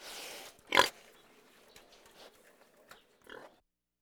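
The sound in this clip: Pig giving one loud, harsh grunt early on, followed by a few faint sniffs and snuffles before falling silent.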